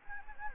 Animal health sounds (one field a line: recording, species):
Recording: mosquito wingbeat signal from an infrared sensor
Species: Anopheles gambiae